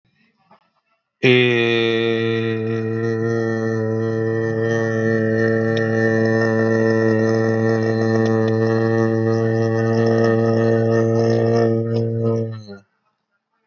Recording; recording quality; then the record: sustained vowel as in made; excellent, no background noise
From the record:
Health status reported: exposed to COVID-19, no respiratory illness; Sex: male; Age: 32 years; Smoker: yes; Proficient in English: yes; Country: India